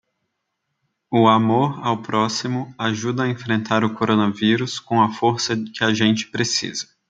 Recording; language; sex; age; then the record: spoken sentence; Brazilian Portuguese; male; 20 to 29 years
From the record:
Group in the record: control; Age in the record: 25 years